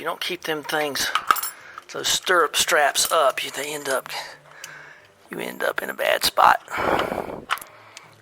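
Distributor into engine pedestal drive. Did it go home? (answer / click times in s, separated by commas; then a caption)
yes / 7.5 s. A cleaned distributor is lowered into its pedestal on a Triumph TR4 engine and turned until the drive engages, while someone talks. Metallic clinks sound through the clip, and the distributor drops into its drive and clicks home at 7.5 s, seated.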